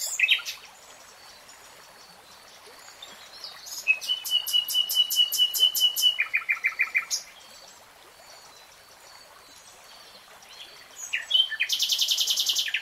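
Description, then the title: Nightingale song: opening chirps, a pause, then a long phrase of high clicks and a steady whistled note breaking into a lower trill, finishing with a very rapid buzzy trill. Nightingale singing, from a three-hour real-time recording. "[Tiếng chim hót] 3 Hours REALTIME Nightingale Singing"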